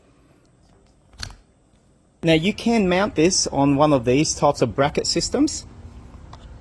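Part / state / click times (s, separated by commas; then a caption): bike light into handlebar mounting bracket / seated / 6.3 s. A XiaoMan-1000 bike light is mounted onto a handlebar bracket system, with a brief sharp tap near 1.2 s before someone talks. After the talking, the light snaps home with a single sharp click at 6.3 s and locks into place.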